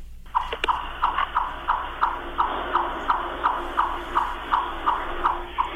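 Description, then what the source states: Chipmunk alarm calls, a steady series of chip notes at roughly three per second. Alarmed, worked-up chipmunk calling while hiding, heard during the day; the chip call is often mistaken for a turkey or grouse.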